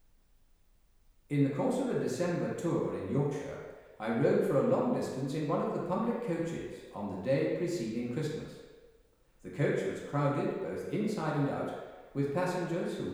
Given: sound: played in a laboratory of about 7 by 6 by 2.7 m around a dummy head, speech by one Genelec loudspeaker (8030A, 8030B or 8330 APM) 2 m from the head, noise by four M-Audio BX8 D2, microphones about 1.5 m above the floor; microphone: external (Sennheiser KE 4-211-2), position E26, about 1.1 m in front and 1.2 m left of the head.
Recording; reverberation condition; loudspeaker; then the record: male speech in English; high; 90 degrees to the left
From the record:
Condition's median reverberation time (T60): about 1300 ms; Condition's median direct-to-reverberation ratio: about -4.0 dB